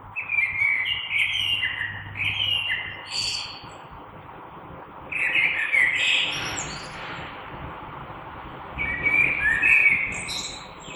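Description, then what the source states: Common blackbird giving several warbled phrases, mellow and fluty with scratchy high flourishes, separated by short pauses over constant background noise. Recorded 3 March 2020.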